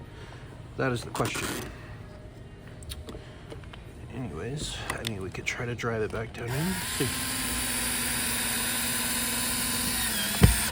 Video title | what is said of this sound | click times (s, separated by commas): Lane Screw and Nylon Plug Repair | now it's just stripped. | none